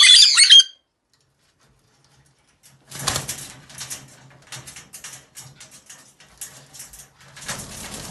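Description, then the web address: Caique scream: one loud, harsh, shrill screech lasting under a second, followed by quiet, then rustling and scraping noises. "kak kricat popugai kaiki. parrots pionitis"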